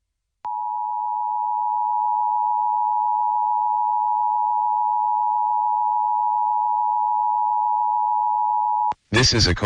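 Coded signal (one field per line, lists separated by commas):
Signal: Emergency Alert System (SAME) tones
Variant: 853 and 960 Hz attention tone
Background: speech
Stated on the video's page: Hawaii required monthly test caught on a public radio station in Honolulu.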